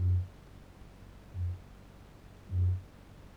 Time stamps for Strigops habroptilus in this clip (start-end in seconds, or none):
0.00-3.37